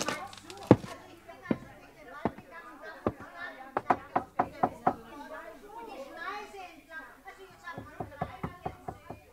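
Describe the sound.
Someone knocks on the front door of an old half-timbered house: a long, uneven series of sharp, hard raps, some in quick clusters, with faint murmuring voices in the background.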